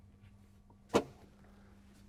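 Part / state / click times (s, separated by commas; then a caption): door-closing tool into its holding clips in a cargo compartment / seated / 1.0 s. A tool for closing a raised cargo door on a 2025 Entegra Coach Anthem is snapped back into its holding clips at the bottom of the cargo compartment. A single sharp, broadband snap is heard at 0.96 s over a low steady hum, and the tool seats in the clips.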